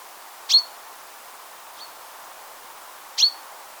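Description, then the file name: Common chaffinch calls: two sharp, bright, high 'pink' notes about three seconds apart, with a fainter one between them, over a quiet background. "Fringilla coelebs"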